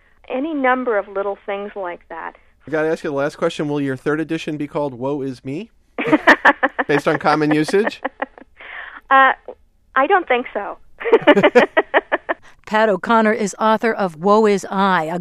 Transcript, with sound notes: Any number of little things like that."
"Got to ask you the last question, will your third edition be called "Woe Is Me" [laughter] based on common usage?"
"I don't think so. [Laughter]
Pat O'Conner is author of "Woe Is I: